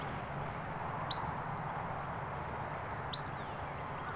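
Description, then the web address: Gray flycatcher calls: two sharp high notes two seconds apart, with faint softer notes around them and a steady hiss behind. "lbrc grfl dobbs"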